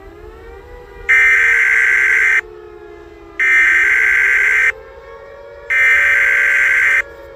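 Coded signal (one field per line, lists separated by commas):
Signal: Emergency Alert System (SAME) tones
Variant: header bursts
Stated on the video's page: Fictional Emergency Alert System scenario about a character attacking people; simulated, not a real alert.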